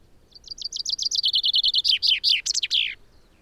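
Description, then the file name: Common chaffinch song: a rapid series of high notes falling into a descending trill that ends in a loud, sweeping flourish, about two and a half seconds long. "Fringilla coelebs"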